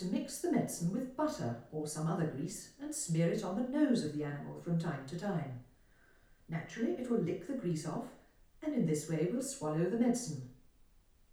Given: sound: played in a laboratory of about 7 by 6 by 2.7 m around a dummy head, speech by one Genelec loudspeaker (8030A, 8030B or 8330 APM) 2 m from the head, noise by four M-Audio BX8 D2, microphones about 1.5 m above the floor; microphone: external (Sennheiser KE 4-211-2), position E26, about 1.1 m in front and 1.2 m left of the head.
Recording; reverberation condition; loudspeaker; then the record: female speech in English; medium; 90 degrees to the right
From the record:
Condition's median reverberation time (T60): about 510 ms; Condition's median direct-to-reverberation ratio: about -0.5 dB